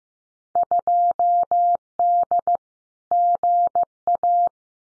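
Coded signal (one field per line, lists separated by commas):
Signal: Morse code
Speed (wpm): 15 wpm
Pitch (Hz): 700 Hz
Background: none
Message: 2D GA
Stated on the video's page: Head-copy drill of Field Day contest exchanges at 15 wpm, each sent in Morse, spoken, then sent again.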